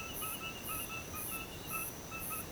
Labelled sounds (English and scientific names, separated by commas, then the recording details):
none
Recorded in pastures near Puerto Asís, Putumayo, Colombia, on 21 March 2025 at 05:30
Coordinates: 0.486, -76.323
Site G075